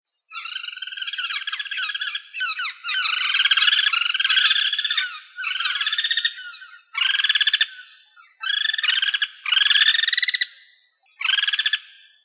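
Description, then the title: Bird song made of a run of rattling, pulsed trill phrases, each lasting a second or two and separated by brief gaps, with a few sliding notes mixed in. "LuckyPassaro Completos2Sama"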